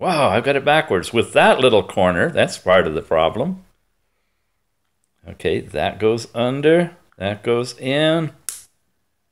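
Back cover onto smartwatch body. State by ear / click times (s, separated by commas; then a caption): seated / 8.5 s. A plastic back cover is pressed onto a smartwatch body after its small corner is lined up, while someone talks. A sharp snap at 8.5 s marks the cover seating into place.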